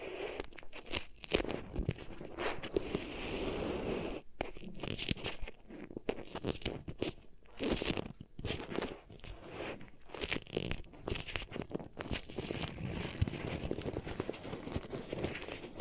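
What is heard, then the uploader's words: Beeswax ear triggers: dense, crackly squishing and crunching sounds that go on without a break for the whole sixteen seconds. Sharp clicks and brighter rustling bursts come every fraction of a second, with faint soft murmuring underneath. Beeswax Ear Triggers.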